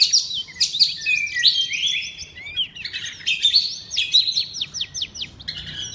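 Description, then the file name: Oriental magpie-robin pouring out a continuous stream of bright whistles, downslurred notes and scratchy chips, with almost no pause. Loud song in the ngeplong style. "suara kacer ngeplong keras"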